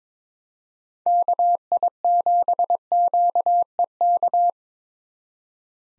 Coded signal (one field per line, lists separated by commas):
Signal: Morse code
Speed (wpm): 22 wpm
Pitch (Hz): 700 Hz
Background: none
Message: KI7QEK